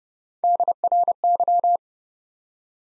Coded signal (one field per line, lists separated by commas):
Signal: Morse code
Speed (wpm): 30 wpm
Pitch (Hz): 700 Hz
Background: none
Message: DRY